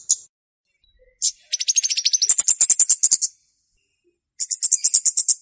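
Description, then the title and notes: Flowerpecker song: a few high ticks, then a rapid series of high ticking notes, a pause, and another rapid high ticking series. Lure song used for trapping birds; bird locally called kemade or cabe-cabean. "Kicau Pancing Burung Kemade ( Cabe Cabean). Suara Burung Cabe Cabean Pikat"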